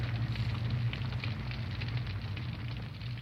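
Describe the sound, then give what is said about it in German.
A deliberately set fire burning many books, a steady deep roar with a low rumbling hum and scattered sharp crackles flickering throughout, loud and unbroken with no voices. “ist das nicht eine Lust, Feuer zu legen?”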